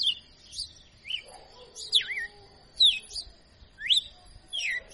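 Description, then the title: Red-cowled cardinal song of clear, swooping whistles, rising and falling slurs delivered in quick bursts about once a second. Female; a tutor bird ('professor') singing intensely ('açoitando'). "Canto Galo Campina Fêmea 02. Galo de Campina Professor Açoitando"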